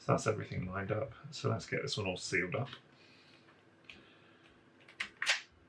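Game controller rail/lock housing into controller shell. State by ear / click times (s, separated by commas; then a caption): seated / 5.0 s, 5.2 s. Someone talks while lining up a replacement metal lock and its button in a Nintendo Joy-Con controller, then presses the plastic controller rail and lock housing closed into the shell. Sharp clicks at 5.0 s and 5.2 s show the lock assembly has seated shut, which means the repair is done.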